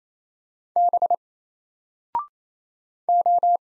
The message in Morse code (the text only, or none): B O